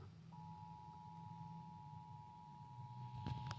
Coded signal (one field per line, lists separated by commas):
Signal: Emergency Alert System (SAME) tones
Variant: 853 and 960 Hz attention tone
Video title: Tornado Warning on KEC-60 (EAS #130)